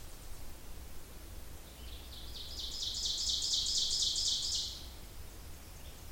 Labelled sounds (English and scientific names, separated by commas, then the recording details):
Ovenbird (Seiurus aurocapilla) song
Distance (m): 35 m
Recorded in boreal forest in Alberta, Canada, on 26 May 2016 at 07:10
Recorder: SongMeter 3, array SBT-3-15
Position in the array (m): 41 m, 273 m
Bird 20